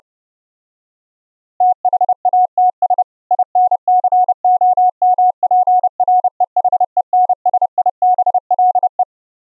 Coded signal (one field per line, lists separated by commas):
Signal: Morse code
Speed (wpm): 29 wpm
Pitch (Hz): 730 Hz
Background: none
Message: THATS INCOMPREHENSIBLE